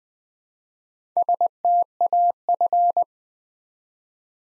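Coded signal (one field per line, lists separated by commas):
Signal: Morse code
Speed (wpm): 20 wpm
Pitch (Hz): 700 Hz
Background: none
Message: STAF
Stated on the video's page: Morse practice drill at 20 wpm, building 5-letter words one letter at a time for instant character recognition.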